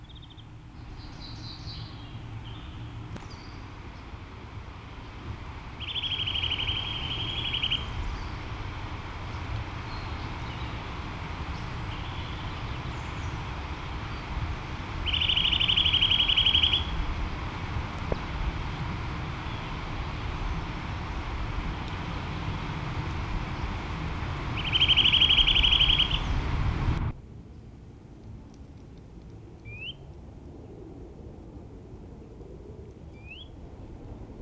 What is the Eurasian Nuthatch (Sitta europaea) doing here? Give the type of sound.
song